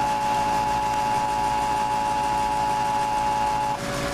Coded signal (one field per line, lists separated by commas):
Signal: Emergency Alert System (SAME) tones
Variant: 853 and 960 Hz attention tone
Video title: EAS - Tornado Warning 08/21/2019